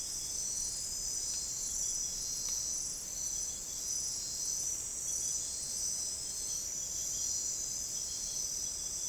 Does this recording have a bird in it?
no